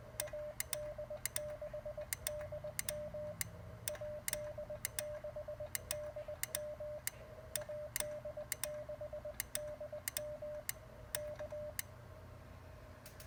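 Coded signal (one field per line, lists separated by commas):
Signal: Morse code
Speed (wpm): 20 wpm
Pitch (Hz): 590 Hz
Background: none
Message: AD6DM AD6DM AD6DM K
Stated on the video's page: Station running QRP from a homemade 12V LiFePO4 battery pack.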